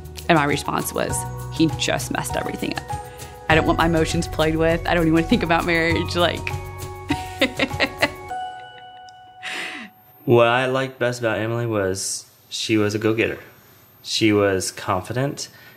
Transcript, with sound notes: And my response was, “He just messed everything up! I don’t want my emotions played with; I don’t even want to think about marriage.” (laughter)
What I liked best about Emily was, she was a go-getter. She was confident;